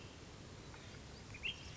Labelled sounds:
Ash-throated Flycatcher (Myiarchus cinerascens)
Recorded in Sonoma County, California

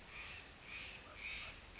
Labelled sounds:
Steller's Jay (Cyanocitta stelleri)
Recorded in Sonoma County, California

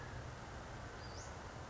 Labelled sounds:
Western Flycatcher (Empidonax difficilis)
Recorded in Sonoma County, California

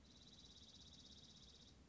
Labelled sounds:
Dark-eyed Junco (Junco hyemalis)
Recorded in Sonoma County, California

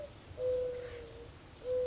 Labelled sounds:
Mourning Dove (Zenaida macroura)
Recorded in Sonoma County, California

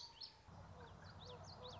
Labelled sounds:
Common Yellowthroat (Geothlypis trichas)
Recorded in Sonoma County, California

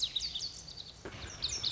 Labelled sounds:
Lazuli Bunting (Passerina amoena)
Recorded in Sonoma County, California

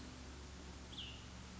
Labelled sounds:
Cassin's Vireo (Vireo cassinii)
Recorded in Sonoma County, California

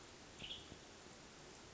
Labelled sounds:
Western Tanager (Piranga ludoviciana)
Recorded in Sonoma County, California

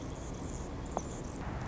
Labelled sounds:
Anna's Hummingbird (Calypte anna)
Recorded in Sonoma County, California

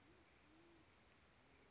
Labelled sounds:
Band-tailed Pigeon (Patagioenas fasciata)
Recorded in Sonoma County, California

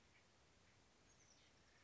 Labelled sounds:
Oak Titmouse (Baeolophus inornatus)
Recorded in Sonoma County, California

